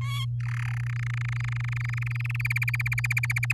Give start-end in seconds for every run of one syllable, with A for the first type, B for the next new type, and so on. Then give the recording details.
0.01-0.25 A, 0.40-0.78 B, 0.80-2.42 C, 2.45-3.53 D. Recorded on 11 May 2018 at 06:04. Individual llb16